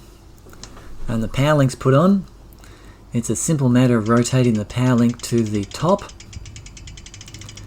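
Someone talks while turning a bicycle drivetrain to bring the unlocked metal power link on the chain to the top of the chain run before pressing it home. Only ratcheting and handling noises are heard, including a rapid series of small ticks near the end. Nothing has seated or clicked yet.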